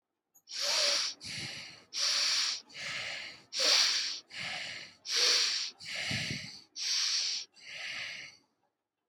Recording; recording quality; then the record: shallow breathing; excellent, no background noise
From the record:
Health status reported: healthy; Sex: male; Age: 29 years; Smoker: yes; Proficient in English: yes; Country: India